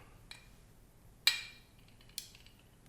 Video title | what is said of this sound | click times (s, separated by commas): How I mount a Schmidt & Bender 5-25x56 PMII in a Spuhr ISMS on an Accuracy International AX | you heard that click | 1.3 s